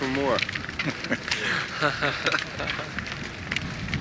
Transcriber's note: Prabhupāda chuckles